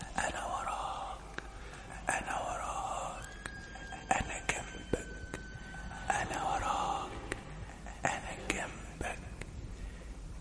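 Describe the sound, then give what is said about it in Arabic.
Soft, breathy whispering voices murmur in overlapping bursts with no clear words, airy and hushed over a faint hiss, punctuated by a few sharp clicks and a thin high tone. “وأوقات كمان بتكون لوحدك في البيت تماما، تصحى على صوت بكاء طفل صغير أو أصوات همس واضح أو غير واضح.”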